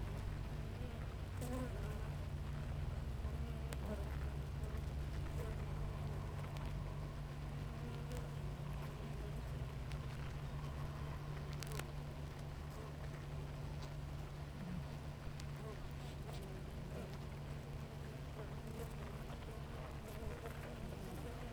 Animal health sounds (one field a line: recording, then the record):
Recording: honeybee colony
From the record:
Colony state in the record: active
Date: 28 July 2017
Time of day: 6:32